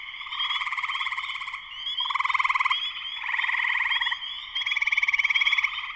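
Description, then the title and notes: Spring peeper chorus: constant high piping peeps and four buzzy pulsed trills, one after another. Spring peepers in full chorus shortly after sunset, Sleeping Bear Dunes National Lakeshore, northern Michigan, USA. "Spring peepers (chorus frogs) in concert. Spring peepers (chorus frogs) in full chorus shortly after sunset in the Sleeping Bear Dunes National Lakeshore in northern Michigan, USA. Recorded by Darrin Wassom. Part of the Music for Sleep project"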